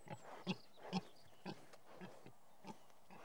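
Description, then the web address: Pig grunts, short low bursts repeated roughly every half second, a few louder ones early, over a steady low rumble. Pigs recorded in a field; several animals. "BBC Sound Effects Library BBC 06-Animals and Birds 15 Pigs In Field"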